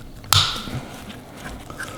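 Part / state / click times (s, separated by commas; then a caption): plastic retaining clip into bumper air duct insert / seated / 0.3 s. A plastic retaining clip is pressed into an aftermarket bumper air duct that replaces the reflector. One sharp, loud snap rings out at 0.3 s, followed by a fainter tap near 1.7 s. The clip is seated.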